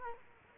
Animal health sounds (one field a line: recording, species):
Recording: mosquito wingbeat signal from an infrared sensor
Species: Culex quinquefasciatus